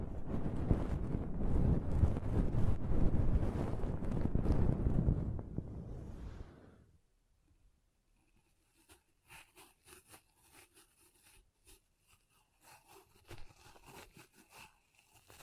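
Pom pom tingles: for the first six seconds a dense, loud, fluffy scrunching rushes on without a break, heavy in the low end. It stops abruptly, leaving near silence broken by soft, sparse brushing and light taps that come every second or so.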